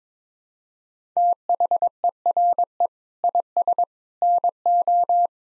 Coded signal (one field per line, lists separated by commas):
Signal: Morse code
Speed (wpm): 22 wpm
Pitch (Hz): 700 Hz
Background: none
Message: THERE IS NO